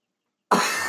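After half a second of silence, one abrupt, harsh cough bursts out and fades over about 0.4 seconds. It is a single dry-sounding cough from an adult with a sore throat.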